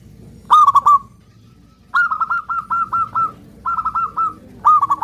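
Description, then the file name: Zebra dove song: bubbling, stuttered cooing phrases near one pitch, several phrases separated by short pauses, with a low background rumble. Perkutut raja song used as a lure for trapping birds. "suara perkutut raja pikat"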